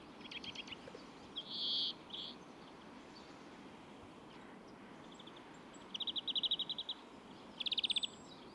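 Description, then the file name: European greenfinch giving a buzzy nasal wheeze, then two rapid twittering trills after a pause, against a constant low hiss. "Chloris chloris"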